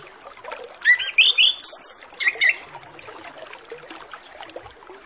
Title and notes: Masteran Anis Kembang Full Isian Untuk Suara Pancingan Anis Kembang Agar Cepat Ngeplong. Suara Burung Anis Kembang